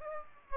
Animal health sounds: mosquito wingbeat signal from an infrared sensor; Aedes aegypti

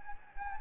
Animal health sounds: mosquito wingbeat signal from an infrared sensor; Anopheles gambiae

